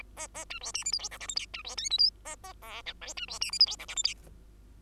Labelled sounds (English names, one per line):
Bengalese Finch song